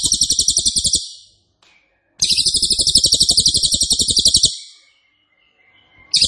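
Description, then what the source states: Cililin song: rapid-fire, dense high trills in bursts, one lasting about two seconds, separated by brief quiet gaps. Loud, dense, rapid-fire song style called 'nembak keras dan rapat', used as a favourite training recording (masteran) for oriental magpie-robin, leafbird and white-rumped shama.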